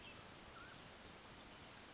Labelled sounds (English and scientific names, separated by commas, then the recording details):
Mountain Quail (Oreortyx pictus)
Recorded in Sonoma County, California